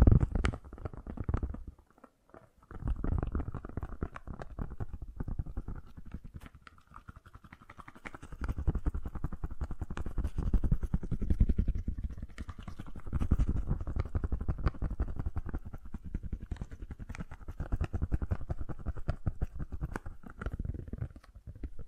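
Fast, gentle tapping runs almost without pause, a dense patter of soft, low-weighted clicks. It drops out briefly around two seconds, then continues in swelling waves, growing fuller near nine to twelve and thirteen to sixteen seconds before easing slightly toward the end.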